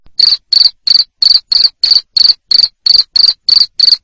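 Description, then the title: Cricket sounding about twelve sharp, shrill chirps at an even pace over about four seconds. Loud cricket chirping used to make lovebirds keep singing (ngekek). "Suara JANGKRIK NGERIK Keras Bikin LOVEBIRD Jadi NGEKEK Terus Vubey"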